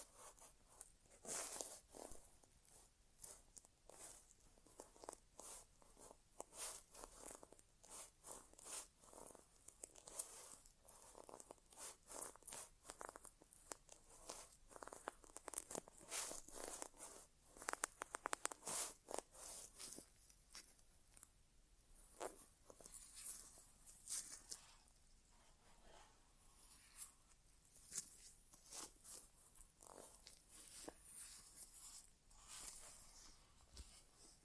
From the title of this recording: ASMR Inner Ear Exam (No Talking)